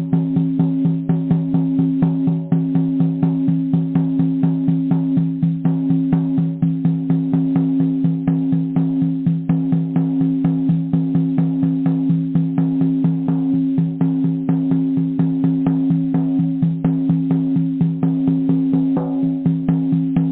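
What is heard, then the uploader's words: Drumming in a fast, even pulse that runs without a break for the whole twenty seconds. A deep, steady hum sits underneath the strokes and never changes. The overall sound is dull and muffled, with no bright top. Drumming.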